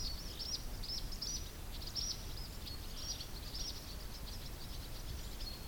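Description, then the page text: White wagtail song: rapid, high twittering chirps running without pause, heard over a steady, loud rumbling background noise. Recorded in spring. "Linavästrik"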